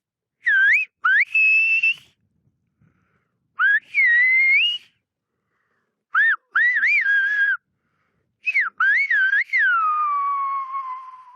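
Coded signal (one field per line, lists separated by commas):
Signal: whistled language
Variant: Silbo Gomero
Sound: loud clear whistles gliding up and down in four phrases with pauses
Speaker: Pero si por algo sobresale especialmente Isidro, es por su extraordinario trabajo con el silbo gomero, logrando que esta ancestral técnica de comunicación no haya caído en el olvido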